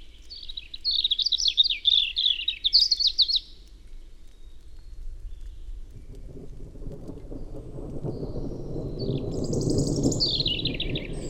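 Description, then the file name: European robin song, a rapid high trilling phrase at the start, then a low rumbling noise rises while another thin high phrase follows. "Erithacus rubecula"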